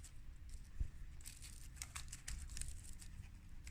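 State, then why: Not seated. A new metal brake pad support clip is handled against the cast caliper carrier of a 2002 Corsa C during a brake disc and pad change, giving light scraping, rustling and small metallic ticks. Nothing has seated or clicked into the carrier yet.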